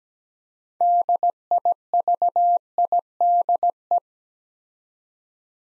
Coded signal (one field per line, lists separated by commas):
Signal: Morse code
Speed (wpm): 17 wpm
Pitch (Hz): 700 Hz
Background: none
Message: DIVIDE